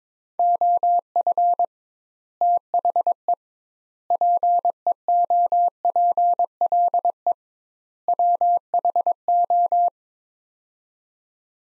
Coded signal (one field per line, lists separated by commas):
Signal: Morse code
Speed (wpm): 21 wpm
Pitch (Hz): 700 Hz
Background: none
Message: OF THE PEOPLE WHO